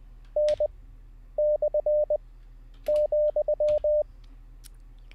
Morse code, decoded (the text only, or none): N / ,